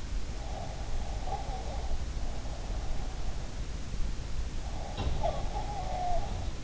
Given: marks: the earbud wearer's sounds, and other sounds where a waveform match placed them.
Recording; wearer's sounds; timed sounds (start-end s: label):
sounds in sleep by an in-ear microphone; breath
0.37-2.05 s: breath
4.83-6.64 s: breath